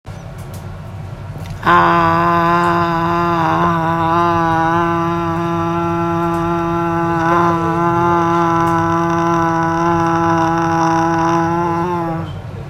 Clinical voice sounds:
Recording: sustained vowel /a/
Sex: female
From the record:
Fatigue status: no fatigue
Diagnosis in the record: COVID-19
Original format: m4a

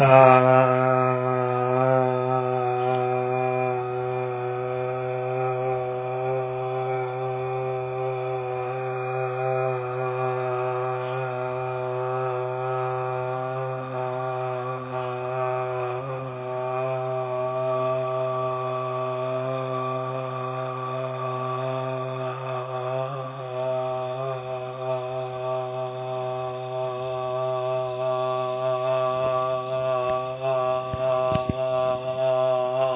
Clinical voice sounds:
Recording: sustained vowel /a/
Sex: male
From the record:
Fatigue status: no fatigue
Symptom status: asymptomatic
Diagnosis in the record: COVID-19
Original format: 3gp

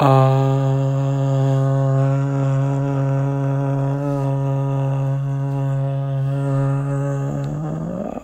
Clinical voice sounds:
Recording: sustained vowel /a/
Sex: male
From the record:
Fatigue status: no fatigue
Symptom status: asymptomatic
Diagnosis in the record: COVID-19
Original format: m4a

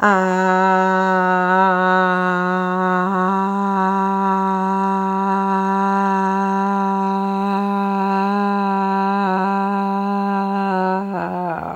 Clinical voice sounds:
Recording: sustained vowel /a/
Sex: female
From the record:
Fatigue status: no fatigue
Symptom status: symptomatic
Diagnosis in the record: COVID-19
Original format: m4a

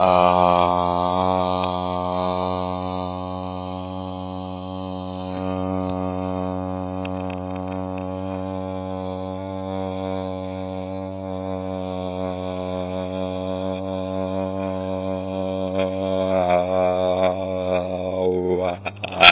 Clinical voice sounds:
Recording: sustained vowel /a/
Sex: male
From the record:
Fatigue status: no fatigue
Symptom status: asymptomatic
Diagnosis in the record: COVID-19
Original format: 3gp

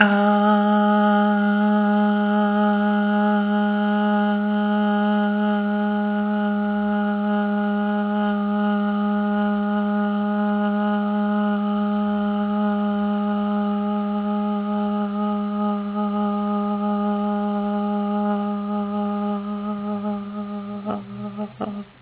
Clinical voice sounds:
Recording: sustained vowel /a/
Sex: female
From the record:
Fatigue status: fatigue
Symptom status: symptomatic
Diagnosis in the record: COVID-19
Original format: 3gp

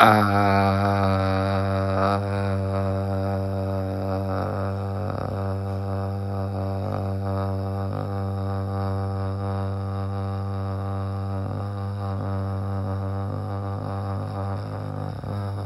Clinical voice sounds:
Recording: sustained vowel /a/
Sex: male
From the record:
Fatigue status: fatigue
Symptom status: symptomatic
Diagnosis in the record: COVID-19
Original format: m4a

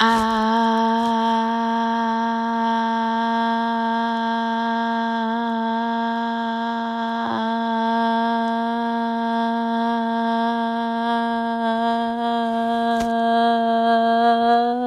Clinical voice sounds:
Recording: sustained vowel /a/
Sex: female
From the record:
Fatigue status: no fatigue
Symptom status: asymptomatic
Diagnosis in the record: COVID-19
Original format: m4a

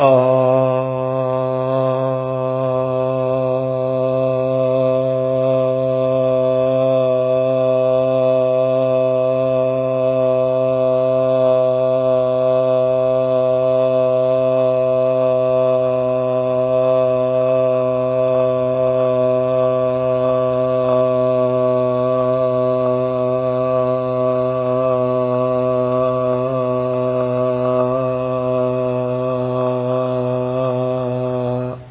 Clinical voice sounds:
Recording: sustained vowel /a/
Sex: male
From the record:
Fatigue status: no fatigue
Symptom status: asymptomatic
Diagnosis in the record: COVID-19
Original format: 3gp

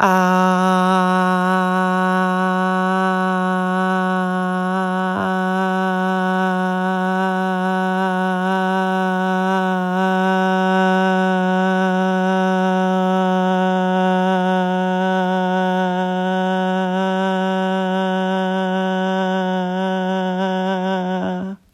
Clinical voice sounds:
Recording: sustained vowel /a/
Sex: female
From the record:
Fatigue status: fatigue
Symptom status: symptomatic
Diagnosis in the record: COVID-19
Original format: m4a

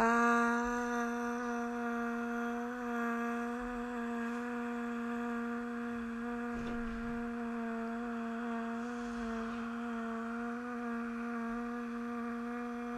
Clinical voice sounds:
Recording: sustained vowel /a/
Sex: female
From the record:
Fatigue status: no fatigue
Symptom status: symptomatic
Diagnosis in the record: COVID-19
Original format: m4a

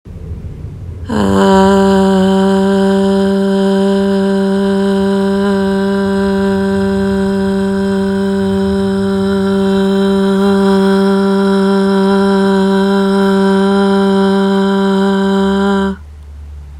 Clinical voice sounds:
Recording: sustained vowel /a/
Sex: female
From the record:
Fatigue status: fatigue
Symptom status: symptomatic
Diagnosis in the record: COVID-19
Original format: m4a

